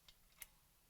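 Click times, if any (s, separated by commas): 0.4 s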